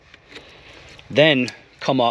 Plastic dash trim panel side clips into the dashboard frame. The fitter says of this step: push it forward and you'll hear them kind of lock into place then